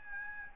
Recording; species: mosquito wingbeat signal from an infrared sensor; Aedes albopictus